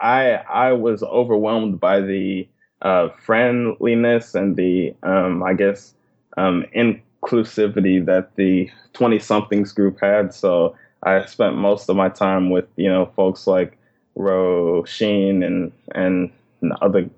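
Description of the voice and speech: Slow, deliberate adult male speech with stretched sounds and hesitations on a name, from a man who stutters. He began stuttering very young, hid it through high school, and later learned to speak slower and pause more.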